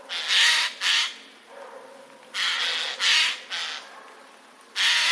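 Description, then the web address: Eurasian jay alarm: six hoarse, tearing screeches with quieter gaps between them. Warning call; recorded 24 October 2021. "ostrzegator sojki 24 10 2021"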